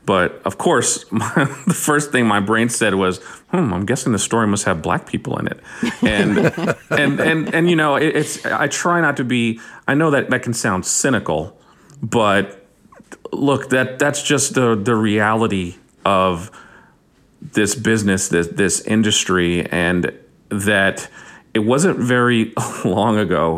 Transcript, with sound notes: But, of course, (laughter) the first thing my brain said was, I'm guessing the story must have Black people in it.
(LAUGHTER)
And, you know, it's - I try not to be - I know that can sound cynical. But, look; that's just the reality of this business, this industry. And that it wasn't very long ago